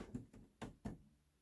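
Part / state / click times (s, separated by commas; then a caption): LEGO modular floor section onto the lower floor of the building model / not seated / none. A modular plastic LEGO brick floor section of a LEGO Starbucks building model is lowered into position onto the model's lower floor. There are several short handling knocks and taps, with the strongest sharp knocks near 0.6 and 0.9 seconds. Nothing has seated or clicked into place yet.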